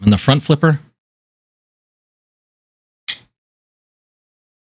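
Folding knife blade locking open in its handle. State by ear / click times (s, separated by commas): seated / 3.1 s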